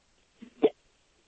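An adult hiccuping.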